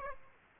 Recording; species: mosquito wingbeat signal from an infrared sensor; Aedes aegypti